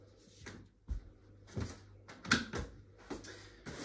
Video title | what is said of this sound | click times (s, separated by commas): Silver Cross Clic: Unboxing and Assembly | and make sure that it's all locked into place | 2.3 s